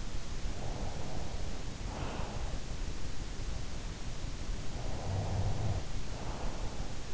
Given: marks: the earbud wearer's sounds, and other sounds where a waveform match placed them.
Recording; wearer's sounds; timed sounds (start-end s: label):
sounds in sleep by an in-ear microphone; breath, snoring breath
0.45-2.62 s: breath
4.73-7.13 s: snoring breath